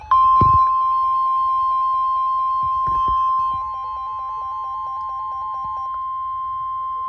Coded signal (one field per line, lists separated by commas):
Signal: Emergency Alert System (SAME) tones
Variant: 1050 Hz attention tone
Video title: WEEKEND SEVERITY CHAOS... (EAS ALERTS 6120-6186 FROM 08/29-31/24)